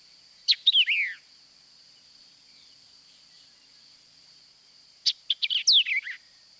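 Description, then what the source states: White-eyed Vireo song, two sharp, choppy phrases of quick notes, each opening with a hard chick, about four and a half seconds apart, over a steady high hiss. Shortened version of the song; the initial chick phrase is a common element.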